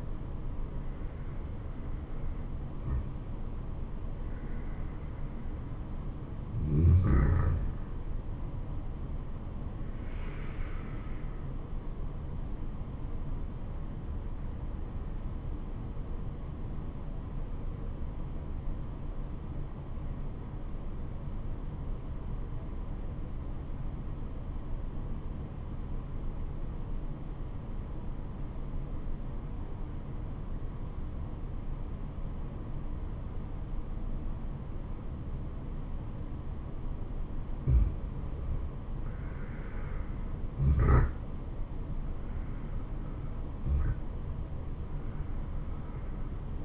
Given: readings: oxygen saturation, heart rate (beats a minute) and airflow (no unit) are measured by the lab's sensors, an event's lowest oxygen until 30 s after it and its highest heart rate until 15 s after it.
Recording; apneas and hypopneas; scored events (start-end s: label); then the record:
breathing in sleep by a smartphone at the bedside; 1
16.00-38.90 s: obstructive apnea (N2, oxygen 97% highest, then 86% lowest, heart rate 72 at the start, 75 highest)
From the record:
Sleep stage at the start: N2 (light sleep); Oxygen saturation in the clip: 85 to 97%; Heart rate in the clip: 67 to 78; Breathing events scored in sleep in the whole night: 426 in 7.4 hours asleep